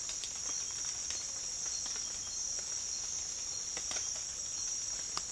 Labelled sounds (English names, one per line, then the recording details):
none
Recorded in secondary vegetation near Puerto Asís, Putumayo, Colombia, on 25 June 2025 at 07:00
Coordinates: 0.485, -76.322
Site GP06